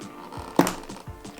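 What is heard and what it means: The first stick of a Corsair Vengeance Pro RGB 32 GB DDR4 memory kit is pressed down into a motherboard DIMM slot. The retention latch clicks sharply at 0.6 s and again at 0.7 s. The stick is seated.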